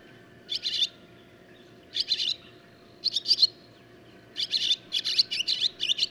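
Barn swallow chirps in short clusters separated by pauses, building to a faster chattering run near the end.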